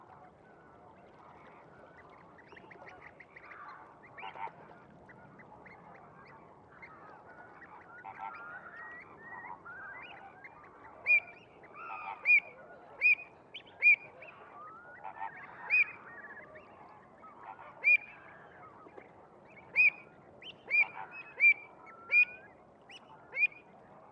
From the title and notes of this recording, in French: Murmures de l'hiver en Camargue. Digue à la mer - Phare de la Gacholle - Camargue - Nomad zaxcom - mkh8020. La rumeur continue des Flamants roses tout autour de moi. Le mistral se repose pour quelques heures, laissant enfin les sons et ambiances se propager dans ce merveilleux paysage de sansouire hivernal. Vers 23h00, il fait à peine 5°. Mes micros sont à une centaine de mètres sur un promontoire et se gavent de sonorités sauvages.